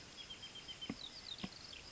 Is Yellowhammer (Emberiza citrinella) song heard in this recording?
no